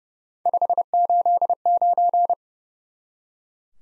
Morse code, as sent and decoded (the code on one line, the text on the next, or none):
..... ---.. ----.
589